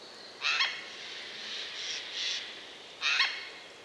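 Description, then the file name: Eurasian jay giving harsh, raspy screeches: two loud bursts about two and a half seconds apart, with fainter rasping calls between them. "Garrulus glandarius"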